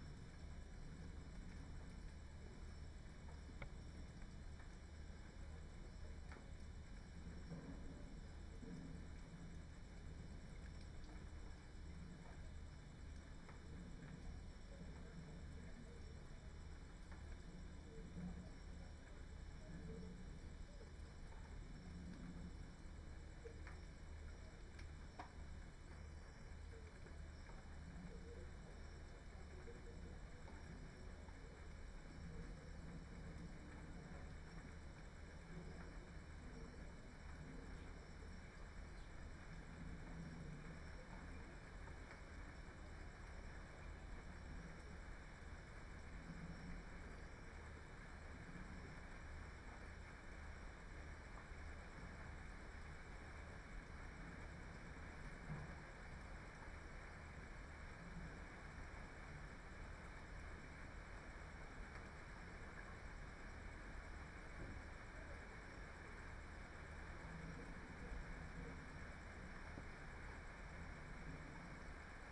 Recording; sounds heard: poultry house recording; healthy chickens